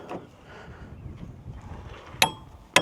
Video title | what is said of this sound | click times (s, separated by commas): The Cutting Edge-Mower edition! Walker Mower-MT23GHS | There you go. Did you hear the click? That's the torque. | 2.2 s, 2.8 s